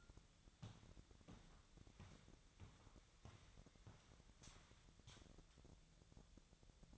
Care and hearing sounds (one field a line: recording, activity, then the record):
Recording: daily activity, microphone in the room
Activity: walk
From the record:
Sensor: 3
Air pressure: 1012.1 hPa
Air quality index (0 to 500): 185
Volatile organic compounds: 3 ppm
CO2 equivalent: 1416 ppm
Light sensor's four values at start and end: 54/143/62/65 and 54/143/62/65